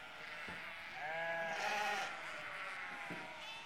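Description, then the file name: Sheep giving one drawn-out, wavering bleat that fades, with light knocks in the background. "Schafe"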